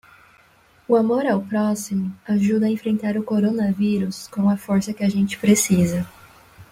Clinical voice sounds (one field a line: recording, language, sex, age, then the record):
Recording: spoken sentence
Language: Brazilian Portuguese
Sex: female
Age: 20 to 29 years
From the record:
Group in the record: control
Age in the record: 21 years